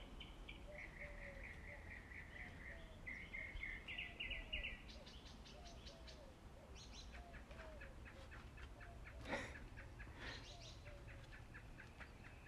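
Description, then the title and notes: Birds singing: a rapid series of warbled notes, then sharp repeated chips and trills, with a low steady hum beneath. Morning birdsong. "6 minutes of birds 🐦 singing. Good Morning"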